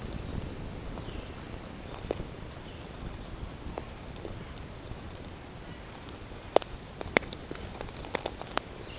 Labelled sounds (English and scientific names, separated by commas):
none